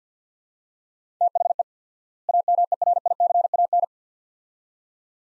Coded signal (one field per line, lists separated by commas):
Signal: Morse code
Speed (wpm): 50 wpm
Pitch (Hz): 700 Hz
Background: none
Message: THE AMERICAN